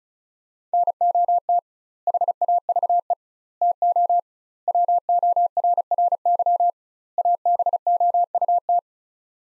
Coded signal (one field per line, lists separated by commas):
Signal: Morse code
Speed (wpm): 36 wpm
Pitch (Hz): 700 Hz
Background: none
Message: NOT HAVE TO WORRY ABOUT